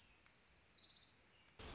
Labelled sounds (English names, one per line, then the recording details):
Orange-crowned Warbler
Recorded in Sonoma County, California